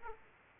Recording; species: mosquito wingbeat signal from an infrared sensor; Aedes aegypti